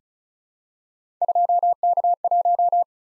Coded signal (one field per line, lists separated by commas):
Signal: Morse code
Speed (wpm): 36 wpm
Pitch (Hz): 700 Hz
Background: none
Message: 2K1